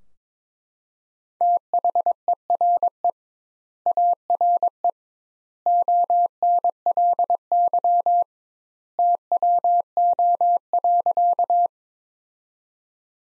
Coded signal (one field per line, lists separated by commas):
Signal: Morse code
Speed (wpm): 21 wpm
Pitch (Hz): 700 Hz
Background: none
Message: THERE ARE ONLY TWO.